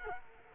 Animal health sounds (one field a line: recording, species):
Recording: mosquito wingbeat signal from an infrared sensor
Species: Culex quinquefasciatus